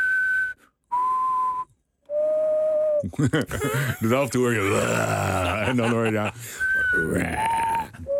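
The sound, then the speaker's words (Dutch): A grey potoo calls: three clear, mournful whistled notes, each held briefly and pitched lower than the one before. A person then talks, and two more descending whistles sound beneath the voice. “Maar je hebt ook de Grey Putu. En die heeft juist het allerrustgevendste geluid.”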